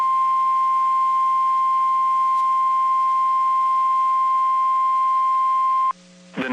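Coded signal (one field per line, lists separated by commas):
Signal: Emergency Alert System (SAME) tones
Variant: 1050 Hz attention tone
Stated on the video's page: Two severe thunderstorm warnings from NOAA Weather Radio transmitter at Waco, Texas.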